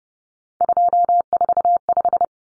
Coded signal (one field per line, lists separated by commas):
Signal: Morse code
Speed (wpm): 30 wpm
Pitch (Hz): 700 Hz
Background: none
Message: 245